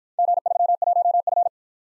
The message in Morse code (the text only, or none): G31F